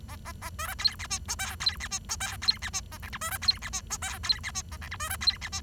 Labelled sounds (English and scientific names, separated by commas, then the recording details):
Bengalese Finch (Lonchura striata domestica) song
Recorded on 23 June 2012 at 08:09
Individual gr41rd51